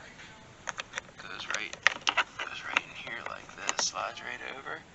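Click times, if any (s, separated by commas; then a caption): none. A small plastic trim piece is slid over its mount on the interior panel of a Chevrolet Silverado 2500 Duramax Diesel truck while someone talks. Light plastic taps and scrapes are heard around 0.7, 0.8, 1.0 and 2.1 seconds as it is handled. Nothing has seated or clicked into place yet.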